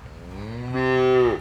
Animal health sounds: contact call of a hoofed animal; cattle; low-frequency (closed-mouth) or high-frequency (open-mouth) call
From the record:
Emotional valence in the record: negative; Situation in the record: full separation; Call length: 1.41 s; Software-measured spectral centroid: 1390 Hz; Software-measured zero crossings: 1140 a second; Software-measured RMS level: -22 dBFS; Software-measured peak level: -8 dBFS

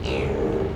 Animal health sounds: contact call of a hoofed animal; pig; closed-mouth grunt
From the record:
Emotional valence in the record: negative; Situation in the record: short social isolation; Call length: 0.76 s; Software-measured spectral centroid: 1510 Hz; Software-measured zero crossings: 1080 a second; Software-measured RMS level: -24 dBFS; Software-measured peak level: -14 dBFS

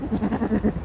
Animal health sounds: contact call of a hoofed animal; goat; low-frequency (closed-mouth) or high-frequency (open-mouth) call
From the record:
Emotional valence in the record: negative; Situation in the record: short social isolation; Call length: 0.84 s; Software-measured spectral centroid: 1260 Hz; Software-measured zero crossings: 740 a second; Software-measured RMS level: -24 dBFS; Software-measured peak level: -10 dBFS

